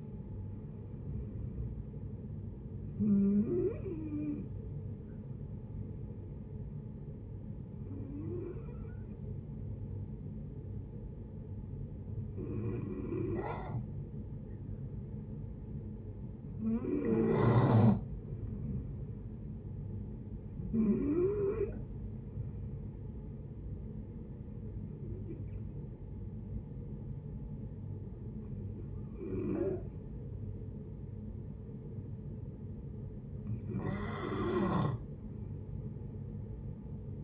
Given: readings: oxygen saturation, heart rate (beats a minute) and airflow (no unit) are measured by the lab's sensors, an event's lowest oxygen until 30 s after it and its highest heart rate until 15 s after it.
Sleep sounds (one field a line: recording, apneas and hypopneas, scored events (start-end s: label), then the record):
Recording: breathing in sleep by a smartphone at the bedside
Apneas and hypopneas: 1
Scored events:
5.00-17.40 s: hypopnea (N1, oxygen 93% highest, then 90% lowest, heart rate 75 at the start, 77 highest)
31.00-37.24 s: new sleep stage, N2 (light sleep)
From the record:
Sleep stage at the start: N1 (lightest sleep)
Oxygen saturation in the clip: 89 to 94%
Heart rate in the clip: 71 to 77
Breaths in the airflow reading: 8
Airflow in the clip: -9.1 to 6.3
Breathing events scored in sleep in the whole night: 496 in 5.4 hours asleep